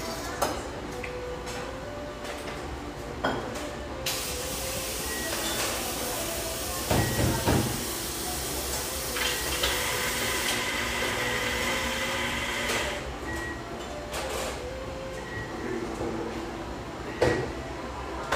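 Lively ambience in a rustic bayside coffeeshop: a steady bed of chatter and clatter runs throughout, with bright clinks of cups and dishes scattered across the clip. A louder burst of knocks and scraping comes around seven seconds, and another sharp clatter near seventeen seconds.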